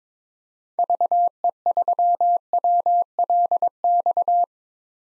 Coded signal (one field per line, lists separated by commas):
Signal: Morse code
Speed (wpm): 22 wpm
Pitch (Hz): 700 Hz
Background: none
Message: VE3WLX